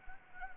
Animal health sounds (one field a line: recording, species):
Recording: mosquito wingbeat signal from an infrared sensor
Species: Anopheles gambiae